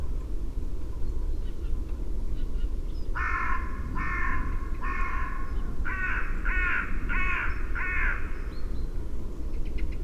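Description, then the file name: Carrion crow cawing: a run of several short, harsh, hoarse caws starting after about three seconds of low rumbling background. "Corvus corone"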